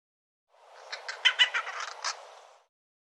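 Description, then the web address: Bird giving a brief, quiet chatter of rough, clipped notes lasting about two seconds. "cianscape birddata Deverinetal 2025 File cleaned normalized Bird"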